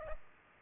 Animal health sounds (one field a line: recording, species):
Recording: mosquito wingbeat signal from an infrared sensor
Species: Culex pipiens